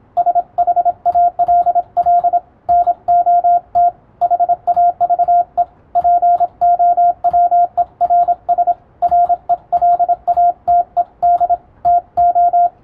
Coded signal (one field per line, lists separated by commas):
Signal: Morse code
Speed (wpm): 27 wpm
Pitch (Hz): 700 Hz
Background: radio noise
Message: SHALL NOT HAVE POWERS RELATED TO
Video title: タイプ受信する無線通信士！モールス信号のンとツーを読み解くとあら不思議文章になります、情報処理の基礎！(morsecode practice for radiotelegraph operator)